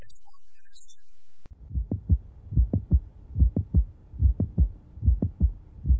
The mid-systolic mitral valve prolapse arises secondary to an imbalance between the length of the mitral apparatus and left ventricular volume. As a result, the mitral valve slips, making a high frequency sound somewhere between S1 and S2. It's a high frequency, sharp sound, exactly between S1 and S2.